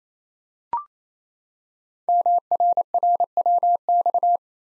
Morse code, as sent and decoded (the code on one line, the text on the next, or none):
-- .-. .-. .-- -..-
MRRWX